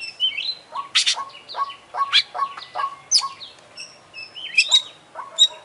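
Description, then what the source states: Oriental magpie-robin song with mixed whistled notes, buzzy bursts and sharp chips delivered in irregular quick succession. Champion singing bird, singing vigorously (gacor); master recording for song training.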